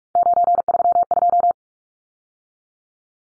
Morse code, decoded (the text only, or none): 932